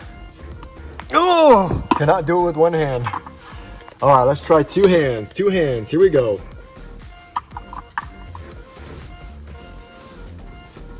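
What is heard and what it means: Someone talks while trying to press a plastic interior trim piece of a Tesla Model Y back into its slot in the car's cabin panel, first failing with one hand and then switching to two hands. A few short handling knocks are heard around 7.4 to 8.0 s as pressure is applied, but nothing has seated or clicked yet by the end of the clip.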